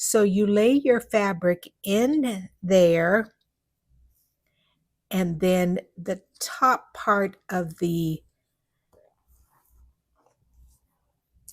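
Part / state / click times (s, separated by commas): plastic yo-yo template top piece pressed into its base over fabric / seated / 11.5 s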